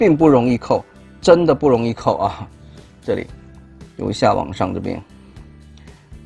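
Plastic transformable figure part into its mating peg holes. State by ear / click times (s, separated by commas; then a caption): seated / 5.8 s. Someone talks over background music while pushing a plastic part of a Transformers EarthSpark Deluxe Class Terran Twitch figure upward from below so its pegs clip into the mating holes, a fit that is hard to fasten. A sharp snap at 5.8 s marks the part seating in place.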